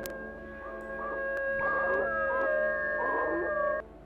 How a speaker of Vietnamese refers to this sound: Bất ngờ, từ đâu tiếng chó tru lên văng vẳng trong đêm.